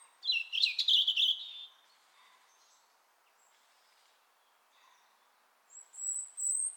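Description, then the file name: European robin delivering a rich, tumbling warble, then a pause before a thin, sustained high whistle. "Erithacus rubecula"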